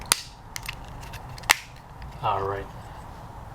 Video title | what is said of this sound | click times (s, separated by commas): Maserati Key Fob Battery | Firmly press down and you should hear it click. | 0.1 s, 1.5 s